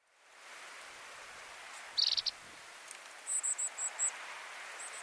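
Rufous bush robin calls, a short burst of high thin notes, then a string of several sharp high chips, over steady background hiss.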